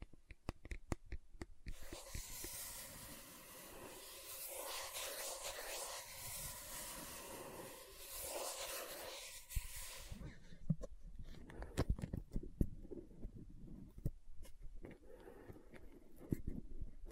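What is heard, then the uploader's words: Taps and clicks on a lid and bottle come in quick, irregular bursts at the start and again from about ten seconds on. In between, roughly from two to ten seconds, a steady rough scratching or hissing scrape fills the sound, bright and dense. Lid Sounds & Bottle Tapping, Scratching. (No Talking).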